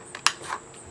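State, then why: Released. A plastic clasp on a newly bought craft supply storage case is unclipped by hand. A small click at 0.2 s is followed by a sharp, bright click at 0.3 s, then a softer rustling noise around 0.5 s. The latch comes free and the case is released.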